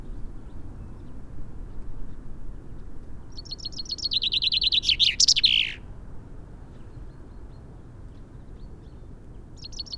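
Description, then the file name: Common chaffinch song: a fast run of high trilled notes dropping in pitch and closing with a terminal flourish, then a new phrase beginning at the end. "Fringilla coelebs"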